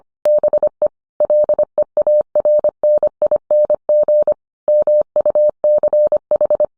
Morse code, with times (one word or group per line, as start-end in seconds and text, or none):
0.3-0.9 BE
1.2-4.3 LEARNING
4.7-6.7 MUCH